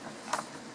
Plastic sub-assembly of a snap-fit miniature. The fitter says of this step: parfois qu' faclipsable comme là bah ça se déclipse des BL qui déclipent assez facilement